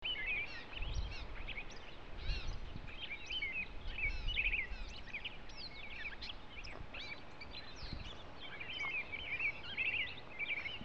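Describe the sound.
Bird calls, many short chirping and twittering notes overlapping in quick bursts throughout, over a steady low rumble of background noise.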